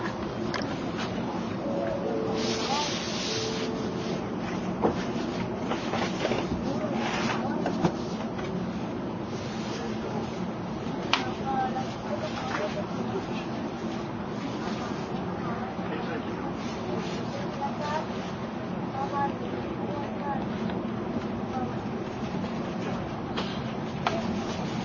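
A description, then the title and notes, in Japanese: Steady rumble of a 700-series Shinkansen running between Kyoto and Shin-Yokohama, a dense low roar that holds level for the whole stretch. Murmured voices drift through the noise, a few short tones sound early on, and occasional light clicks and knocks come through. JRN700系 京都〜新横浜。ひかり530号に乗車し、録音しました。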